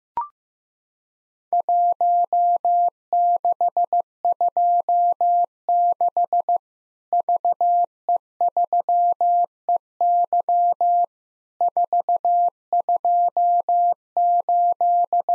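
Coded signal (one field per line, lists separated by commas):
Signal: Morse code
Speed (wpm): 15 wpm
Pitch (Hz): 700 Hz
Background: none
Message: 1626 VE3EY 428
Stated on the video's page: Morse practice of Worked All Europe DX Contest QTC exchanges at 15 wpm, including random misses with repeats requested.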